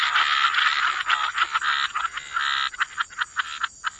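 Loud frog chorus of overlapping buzzy trills that thins into spaced clicking croaks near the end, with faint hiss.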